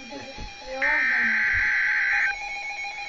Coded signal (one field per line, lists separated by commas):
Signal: Emergency Alert System (SAME) tones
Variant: header bursts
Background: speech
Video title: EAS 110 - Severe Thunderstorm Warning Tazewell IL